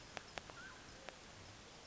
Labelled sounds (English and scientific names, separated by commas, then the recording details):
Mountain Quail (Oreortyx pictus)
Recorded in Sonoma County, California